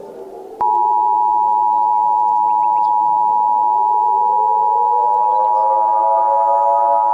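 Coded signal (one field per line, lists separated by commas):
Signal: Emergency Alert System (SAME) tones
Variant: 853 and 960 Hz attention tone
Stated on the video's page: Fictional EAS scenario with valid tones, a work of fiction.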